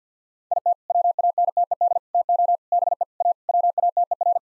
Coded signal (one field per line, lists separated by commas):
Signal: Morse code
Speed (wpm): 50 wpm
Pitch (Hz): 700 Hz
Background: none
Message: IT WANTED TO BE A WATER